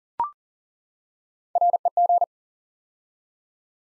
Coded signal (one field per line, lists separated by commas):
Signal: Morse code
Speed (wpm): 41 wpm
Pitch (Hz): 700 Hz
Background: none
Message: REG